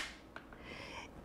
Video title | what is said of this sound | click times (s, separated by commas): Vegan Milkshake with Your Ninja Creami | and then see how that comes up and we're going to hear a lock | 0.4 s